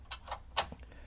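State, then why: Not seated. A small swing-out dust boot on a CNC spindle's extraction shoe is handled and swung underneath the spindle, giving a series of short plastic-like ticks and clacks at about 0.1, 0.3, 0.6 (the loudest), 0.7 and 0.9 seconds over a steady low hum. Nothing has seated or clicked into place yet.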